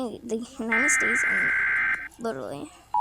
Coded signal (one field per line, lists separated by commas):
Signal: Emergency Alert System (SAME) tones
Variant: header bursts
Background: speech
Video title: REACTING to EAS ALARMS AROUND the WORLD..